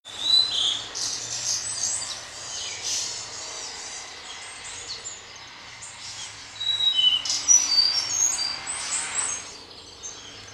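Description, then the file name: Blue-and-white flycatcher song: high warbled phrases with sharp whistled notes, in two bursts separated by quieter chirping, over a low steady hum. Recorded 9 May 2020. "20200509 ooruri"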